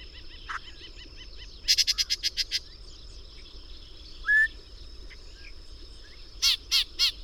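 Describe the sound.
Bird calls: a quick series of six harsh notes, a lone rising whistle, then three loud notes closing, over a continuous high-pitched hum.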